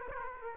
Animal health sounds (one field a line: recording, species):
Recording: mosquito wingbeat signal from an infrared sensor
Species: Aedes aegypti